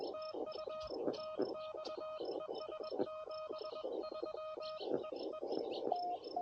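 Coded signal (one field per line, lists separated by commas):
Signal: Morse code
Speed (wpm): 21 wpm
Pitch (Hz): 1250 Hz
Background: music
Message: TU TX ES 73 EE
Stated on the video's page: CW Parks on the Air activation using an Elecraft KH1.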